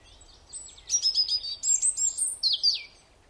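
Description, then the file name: European robin song, a rapid tumbling phrase of high thin notes jumping up and down, ending with two lower descending slurs. "Erithacus rubecula"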